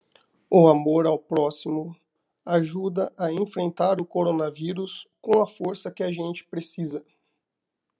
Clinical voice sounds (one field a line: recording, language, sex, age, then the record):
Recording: spoken sentence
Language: Brazilian Portuguese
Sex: male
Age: 30 to 39 years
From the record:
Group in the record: control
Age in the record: 33 years